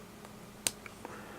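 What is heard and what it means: A micro USB charging plug is pushed into the repaired power jack of a Samsung Galaxy S III smartphone, whose loose contacts have just been tightened. It seats with a sharp, bright snap at 0.7 s, followed by a few fainter ticks over a low, steady background hum. The plug fits tighter and more securely, with much less slop than before.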